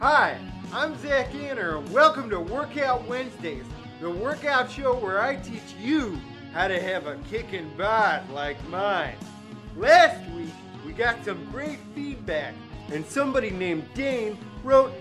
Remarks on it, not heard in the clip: This one is a comedian who has cerebral palsy. He does a workout Wednesday.